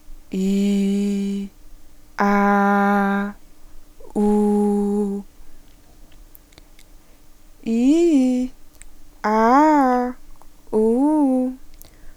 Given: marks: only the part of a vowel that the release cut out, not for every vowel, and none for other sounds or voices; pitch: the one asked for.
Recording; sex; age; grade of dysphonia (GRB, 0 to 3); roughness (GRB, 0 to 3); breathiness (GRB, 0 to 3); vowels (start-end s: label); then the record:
sustained vowels; female; 20 to 29 years; 0; 0; 0
0.40-1.34 s: vowel /i/, low pitch
2.25-3.16 s: vowel /a/, low pitch
4.21-5.13 s: vowel /u/, low pitch
7.72-8.40 s: vowel /i/, low-high-low pitch
9.28-10.02 s: vowel /a/, low-high-low pitch
10.79-11.44 s: vowel /u/, low-high-low pitch
From the record:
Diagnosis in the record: healthy voice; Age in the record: 22 years